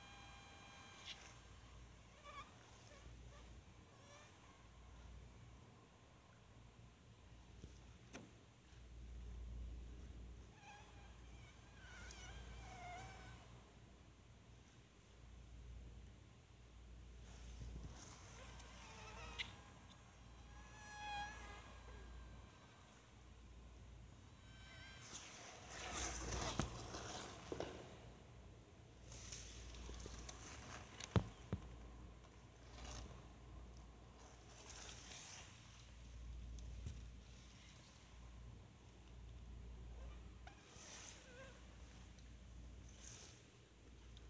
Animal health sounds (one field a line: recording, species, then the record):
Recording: mosquito flight sound by mobile phone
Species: Anopheles dirus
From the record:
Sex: mixed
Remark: in a cage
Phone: Sony Xperia